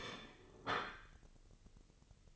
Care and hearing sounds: daily activity, microphone in the room; place plate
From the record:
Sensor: 4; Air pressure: 1008.3 hPa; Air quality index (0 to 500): 80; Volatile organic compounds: 1 ppm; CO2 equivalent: 646 ppm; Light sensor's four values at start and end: 12/28/11/10 and 12/28/11/11

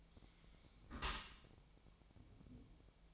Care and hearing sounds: daily activity, microphone in the room; close dishwasher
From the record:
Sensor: 1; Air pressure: 1006.7 hPa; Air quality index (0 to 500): 210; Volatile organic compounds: 24 ppm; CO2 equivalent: 2824 ppm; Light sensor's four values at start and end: 12/31/12/14 and 12/31/12/14

